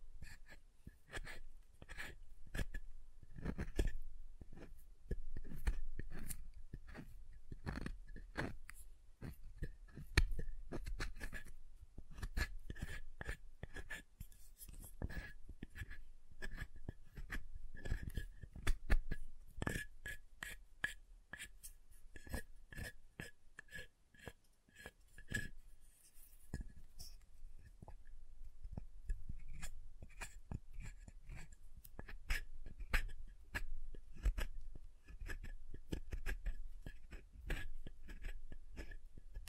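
Soap being tapped and carved, making a dense run of sharp little clicks and scrapes that continue for the whole 40 seconds. The taps come fast and irregular, some louder and thumpier than others, with a brief quieter stretch around 24 to 26 seconds.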